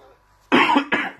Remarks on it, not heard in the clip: Apologise for coughing. Really am struggling at the moment, as you can hear from my voice.